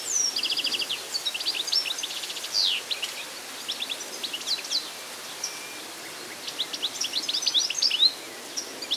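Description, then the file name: European goldfinch giving liquid twittering phrases, bursts of quick chirps and trills separated by short quiet gaps, over a faint background hiss. "Carduelis carduelis"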